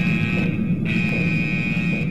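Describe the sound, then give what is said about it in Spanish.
A red alert alarm blares steadily: a piercing high-pitched tone held over a low droning buzz, with one brief break just before the midpoint, loud and continuous with no voices. “Bueno, y hablando de spoilers, pues ya después de escuchar esta alarma roja, pues spoilers a muerte.”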